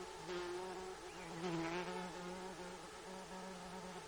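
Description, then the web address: Insect buzzing, a steady low drone with stacked harmonics that wavers in pitch and swells briefly around the middle. Gates of the Arctic, Alaska; recorded 12 June 2018 at about 21:03. "alaska acoustic highlights highlights audio INSECTS GAARFLOR 20180612 210329"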